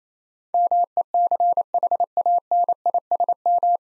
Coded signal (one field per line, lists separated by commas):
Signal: Morse code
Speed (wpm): 28 wpm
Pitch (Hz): 700 Hz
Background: none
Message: MECHANISM